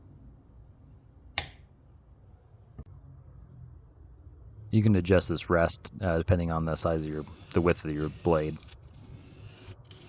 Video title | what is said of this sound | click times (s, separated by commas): The Best Knife Sharpener I've Ever Tested | you can see one side it's beveled so the bevel side you're going to stick in the slot till it clicks | 1.4 s